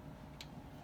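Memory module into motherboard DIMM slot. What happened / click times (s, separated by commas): The memory module latched into its slot / 0.4 s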